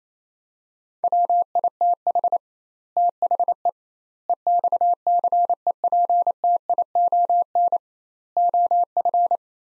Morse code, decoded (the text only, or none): WITH THE EXCEPTION OF